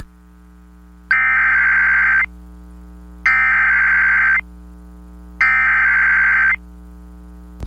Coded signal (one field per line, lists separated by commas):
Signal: Emergency Alert System (SAME) tones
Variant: header bursts